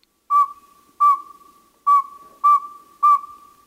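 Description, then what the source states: Northern saw-whet owl advertising call: a steady series of about six short whistled toots on one pitch, somewhat unevenly paced. Male advertising call, made mostly in spring and summer; researchers think females hear variety in the pacing of the hoots; first of two males.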